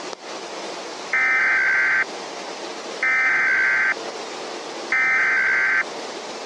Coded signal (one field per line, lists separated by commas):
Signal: Emergency Alert System (SAME) tones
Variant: header bursts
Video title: EAS: Jefferson City SVR